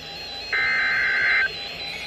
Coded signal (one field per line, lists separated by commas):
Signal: Emergency Alert System (SAME) tones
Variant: header bursts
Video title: EAS Severe Thunderstorm Warning on NOAA Radios (7/15/2024) EAS #415